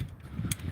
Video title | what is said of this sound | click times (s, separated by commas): Safety Overhaul! Gearing Up | see if that will lock into place yeah okay | 0.5 s